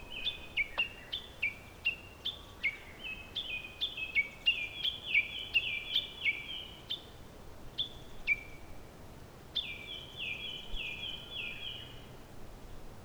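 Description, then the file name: Common nightingale singing a long, fast string of bright, downward-stepping chirps, breaking off once and resuming with another rapid repeated series over faint background hiss. "nightingale 2019 dec robert knoth und antoinette de jong"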